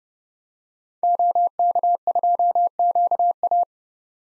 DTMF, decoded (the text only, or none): none